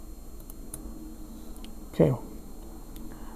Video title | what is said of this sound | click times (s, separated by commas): How to Remove the Stem on a Seiko Watch - Easy Step-by-Step Guide | now you heard it go in | 0.7 s